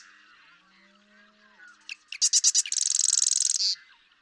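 Marsh Wren sings a few spaced sharp ticks that speed up into a fast, buzzy, machine-like rattle lasting about a second.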